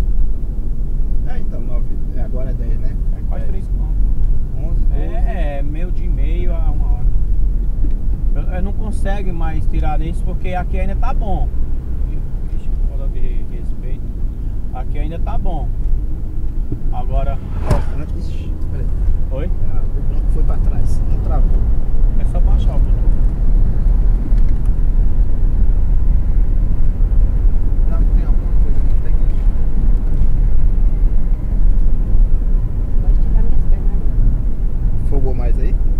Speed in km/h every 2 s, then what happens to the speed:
46, 45, 45, 45, 48, 42, 41, 44, 47, 54, 61, 65, 67, 71, 71, 68, 65, 60.
0-9 steady at about 45. 9-13 slows to 41. 13-26 speeds up to 71. 29-36 slows to 60.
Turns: none.